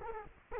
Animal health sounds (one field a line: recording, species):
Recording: mosquito wingbeat signal from an infrared sensor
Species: Culex quinquefasciatus